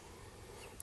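A Mora Pro S fixed-blade knife is pushed into its plastic sheath, binding up at first before dropping into place quickly. Low, steady background noise runs until a short, sharp click at 0.8 s as the knife seats in the sheath retention.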